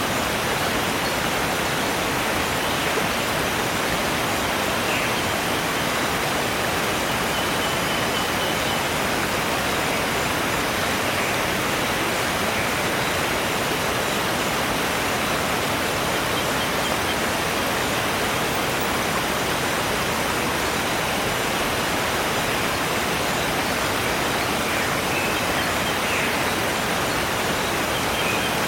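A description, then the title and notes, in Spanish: A waterfall roars steadily and evenly throughout, a dense, unbroken rush of falling water heard up close. Its hiss is full and fairly bright with a soft low rumble underneath. Faint, brief wildlife calls surface now and then above the water's roar. Crepúsculo en la Canopea de la Selva | Cascadas y Vida Silvestre al Atardecer.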